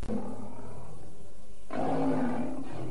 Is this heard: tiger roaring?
yes